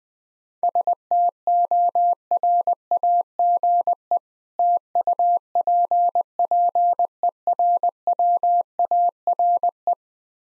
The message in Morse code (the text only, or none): STORAGE TUPPERWARE